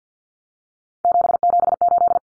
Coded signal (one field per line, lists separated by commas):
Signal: Morse code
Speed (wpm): 50 wpm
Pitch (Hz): 700 Hz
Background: none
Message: 778